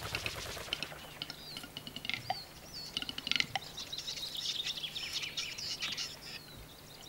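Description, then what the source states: Western capercaillie display: scattered dry clicks and scraping, hissing whetting sounds. Display (lekking song, Hungarian 'dürgés') recorded in the Czech Republic.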